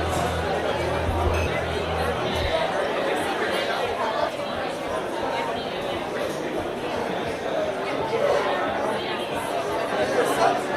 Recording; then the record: background sound without coughing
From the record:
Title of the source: CITY SOUNDS Busy Bar in the Evening Night - 2 HOURS of Ambiance for Relaxation